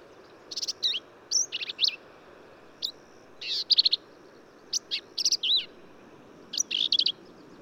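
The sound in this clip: Black-capped vireo song: short, hurried phrases of scratchy, buzzy notes mixed with sharp slurred whistles, each burst separated by brief pauses, with a faint steady hiss behind.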